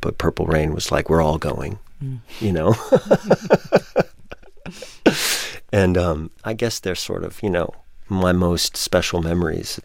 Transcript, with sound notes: but "Purple Rain" was like, we're all going, you know (laughter)? And I guess they're sort of, you know, my most special memories.